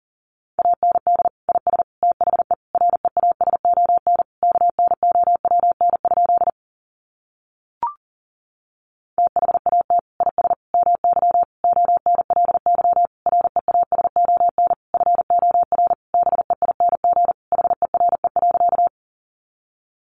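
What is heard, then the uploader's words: Morse code beeps in a steady mid-pitched tone tap out rapid dots and dashes, pausing around eight seconds with a brief click before resuming. Sentences from Top 700 Words 40wpm. First, the words are sent in Morse code.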